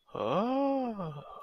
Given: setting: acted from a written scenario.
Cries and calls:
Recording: vocal sound without words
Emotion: awe

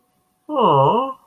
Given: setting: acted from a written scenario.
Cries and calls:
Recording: vocal sound without words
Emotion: sympathy

